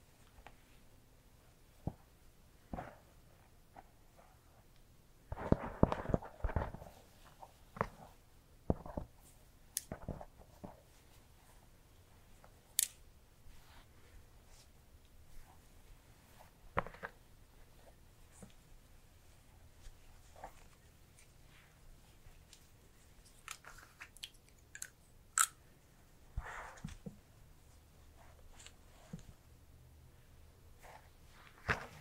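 Hair brushing and haircut sounds: scattered short clicks and scrapes, with a denser cluster of rustling strokes around 5 to 7 seconds. After that the snips and taps come irregularly every second or two over a faint low hum, with a few bright crisp snaps near 13 and 25 seconds.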